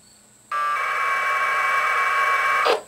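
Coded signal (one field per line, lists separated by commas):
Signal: packet radio (AX.25, as in APRS)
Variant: 1200 baud AFSK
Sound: a two-second raspy warbling data burst, ending in a short static crash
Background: radio static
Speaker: we have a response from that node up there in Franklin West Virginia welcome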